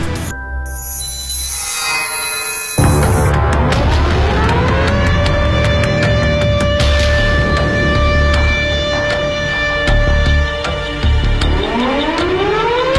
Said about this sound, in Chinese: 这就是当时各个城市上空的防空空袭警报的声音，警报声像烽火台上的烽火一样，从一个城市传到了另外一个城市。